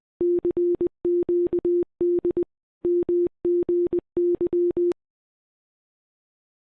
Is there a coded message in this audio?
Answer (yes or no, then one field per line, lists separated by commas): yes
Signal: Morse code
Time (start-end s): 0.2-4.9 s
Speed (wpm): 20 wpm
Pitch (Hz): 350 Hz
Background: none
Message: CQD MGY